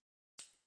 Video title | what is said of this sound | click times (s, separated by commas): Preset the HoodieCarrier 1 (in details) | You see what I do after putting the buckle through the elastic, hearing the click, | 0.4 s